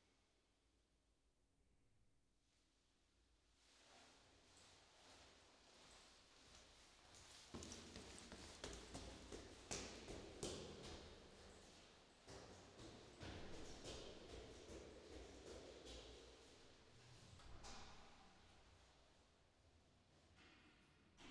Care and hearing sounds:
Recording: everyday scene through a hearing-aid microphone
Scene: reverberant space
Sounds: background noise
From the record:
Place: staircase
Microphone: in the ear canal, left

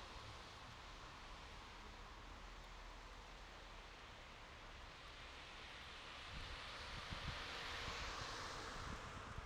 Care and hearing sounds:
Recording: everyday scene through a hearing-aid microphone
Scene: in traffic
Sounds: traffic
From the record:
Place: bus stop on a city main road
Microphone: in the ear canal, right

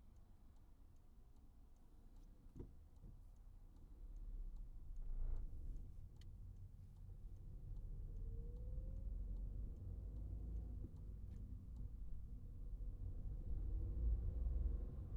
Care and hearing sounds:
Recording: everyday scene through a hearing-aid microphone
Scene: in a vehicle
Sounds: engine, traffic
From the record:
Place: Skoda Fabia, gasoline engine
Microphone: behind the ear, right, rear

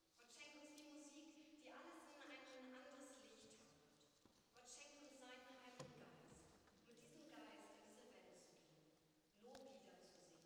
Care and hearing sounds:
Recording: everyday scene through a hearing-aid microphone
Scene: reverberant space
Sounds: speech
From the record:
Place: church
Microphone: in the ear canal, right

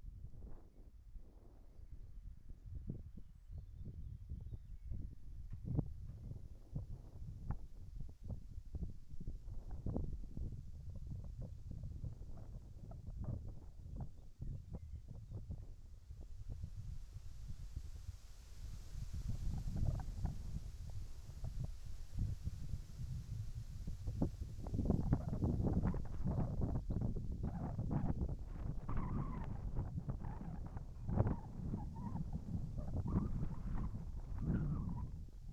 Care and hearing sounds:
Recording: everyday scene through a hearing-aid microphone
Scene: wind on the microphone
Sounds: wind, whistling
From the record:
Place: in front of a rural house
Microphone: behind the ear, right, front

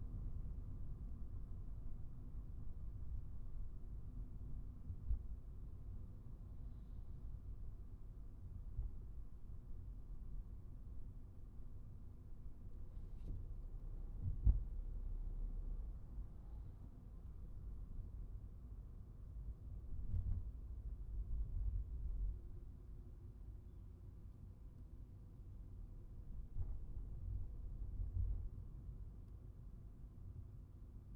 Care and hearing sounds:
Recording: everyday scene through a hearing-aid microphone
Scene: in a vehicle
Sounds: engine, traffic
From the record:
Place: Skoda Fabia, gasoline engine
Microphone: behind the ear, right, rear

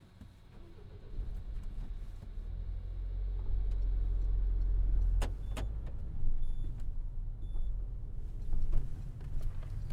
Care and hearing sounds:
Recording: everyday scene through a hearing-aid microphone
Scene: in a vehicle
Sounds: other noises, engine starting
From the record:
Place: Berlingo II, diesel engine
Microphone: behind the ear, right, front

